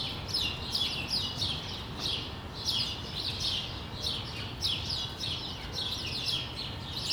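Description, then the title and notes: Sparrows giving short chirps repeated throughout, over soft low background noise. Several sparrows on a street in Brussels, Belgium, recorded on World Sparrow Day with a microphone and portable recorder. "Rue de l'épargne, Bruxelles, Bruxelles-Capitale, Belgique - World Sparrow Day. Sparrows - moineaux"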